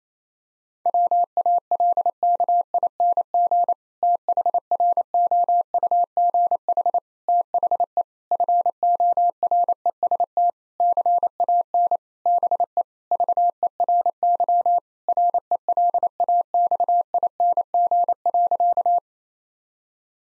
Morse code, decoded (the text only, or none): WALKING THROUGH THE FOREST CAN BE VERY RELAXING.